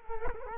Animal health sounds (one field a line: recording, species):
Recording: mosquito wingbeat signal from an infrared sensor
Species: Culex quinquefasciatus